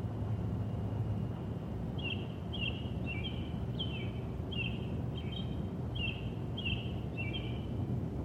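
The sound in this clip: Bird calling in a steady series of short, slurred notes that drop in pitch, over a constant low rumble and hum.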